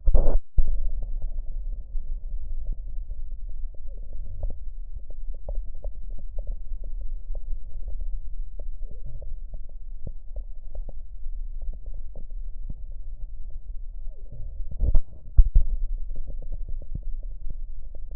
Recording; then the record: lung sounds by stethoscope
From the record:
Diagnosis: chronic bronchitis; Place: left posterior upper chest